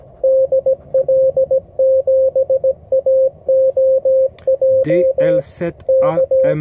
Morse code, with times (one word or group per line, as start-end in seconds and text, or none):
0.2-5.4 DL7AOJ
5.9-6.5 K